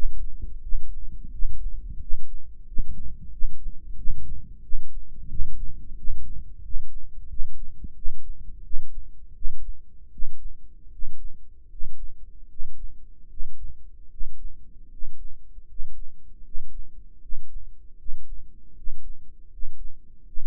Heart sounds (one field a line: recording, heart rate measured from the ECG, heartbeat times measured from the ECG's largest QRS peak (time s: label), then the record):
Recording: heart sounds by microphone in the right ear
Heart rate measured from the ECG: 82 bpm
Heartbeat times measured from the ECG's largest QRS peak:
0.60 s: heartbeat
1.30 s: heartbeat
1.98 s: heartbeat
2.64 s: heartbeat
3.30 s: heartbeat
3.96 s: heartbeat
4.61 s: heartbeat
5.28 s: heartbeat
5.95 s: heartbeat
6.61 s: heartbeat
7.27 s: heartbeat
7.94 s: heartbeat
8.62 s: heartbeat
9.33 s: heartbeat
10.10 s: heartbeat
10.90 s: heartbeat
11.68 s: heartbeat
12.48 s: heartbeat
13.28 s: heartbeat
14.09 s: heartbeat
14.89 s: heartbeat
15.66 s: heartbeat
16.43 s: heartbeat
17.20 s: heartbeat
17.96 s: heartbeat
18.74 s: heartbeat
19.49 s: heartbeat
20.24 s: heartbeat
From the record:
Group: healthy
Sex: male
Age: 35 years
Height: 180 cm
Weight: 86.9 kg